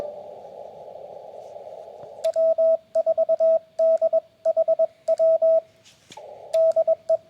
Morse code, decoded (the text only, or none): W4DHW DE